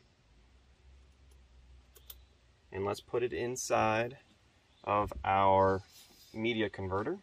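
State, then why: Seated. A fiber patch cable's connector is pushed into the port of an SFP transceiver module, giving a few faint ticks and then a sharp, small click at 2.1 seconds as it seats. After that, someone talks.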